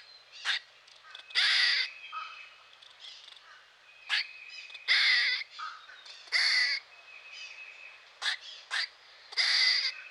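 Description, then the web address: Grey squirrel calling: sharp short chucks mixed with longer harsh, buzzy rasps in an irregular series over ten seconds. Grey squirrel from eastern North America. "Dan Gibson Wildlife Identification By Sound, Eastern North America Pt 2. Grey Squirrel"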